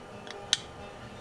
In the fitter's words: click in place